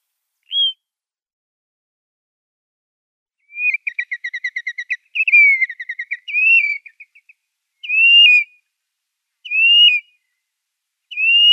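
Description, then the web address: Blue-naped mousebird calls: a single high whistle, then a rapid stuttering series of short notes, followed by several clear slurred whistles about every second and a half. "Schulze Peter Blue-naped Mousebird calls"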